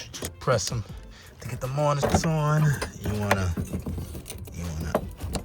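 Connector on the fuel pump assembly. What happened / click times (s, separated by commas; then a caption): The connector clicked into place / 5.4 s. During an in-tank low-pressure fuel pump swap on a Hyundai Elantra N / Kona N, someone talks while pressing a connector on the fuel pump assembly, with a few faint taps and rattles near the end. The connector clicks home at about 5.4 s and is seated.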